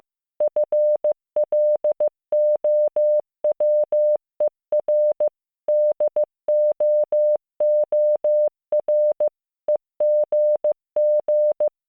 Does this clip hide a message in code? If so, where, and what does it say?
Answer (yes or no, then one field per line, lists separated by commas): yes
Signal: Morse code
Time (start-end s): 0.4-11.7 s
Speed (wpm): 15 wpm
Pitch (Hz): 600 Hz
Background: none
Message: FLOWER DOOR EGG